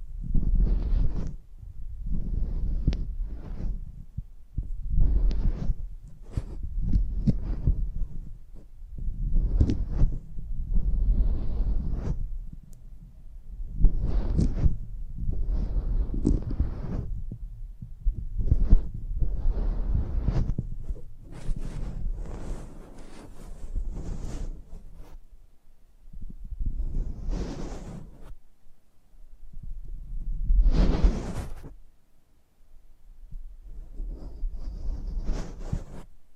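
Close-up mic treatment in the ASMR style: a run of soft, muffled thumps and rubbing sounds, heavy in the low end, arriving every second or two with brief lulls between. A few brighter scratchy brushes cut through around 20, 27 and 31 seconds.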